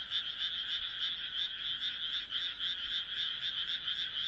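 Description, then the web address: Frog chorus of fast, rasping pulsed croaks without pause. "kaeru kaeru"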